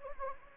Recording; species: mosquito wingbeat signal from an infrared sensor; Anopheles gambiae